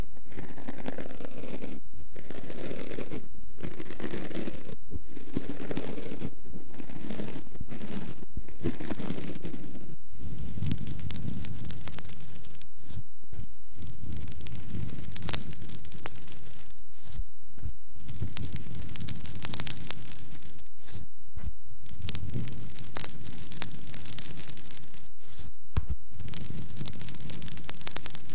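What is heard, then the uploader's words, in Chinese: Scratching goes on continuously, a rough, rasping sound in quick, even strokes broken by short pauses about every second. After around ten seconds the strokes grow heavier and fuller, with irregular breaks, and the scratching stays dense to the end. 抓挠声。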